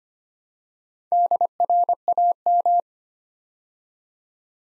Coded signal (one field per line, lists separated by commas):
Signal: Morse code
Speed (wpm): 25 wpm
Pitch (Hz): 700 Hz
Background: none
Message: DRAM